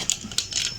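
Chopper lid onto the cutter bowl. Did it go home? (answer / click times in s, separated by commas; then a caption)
yes / 0.1 s. A plastic lid of a manual vegetable and onion chopper is pressed down onto its bowl and locks on with a sharp click at 0.1 s. A second sharp click follows at about 0.4 s and a softer, longer rattle near 0.6 s. The lid is seated and locked.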